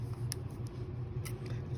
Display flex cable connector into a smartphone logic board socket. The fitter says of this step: okay so you should be able to hear some kind of click when you snap the connector in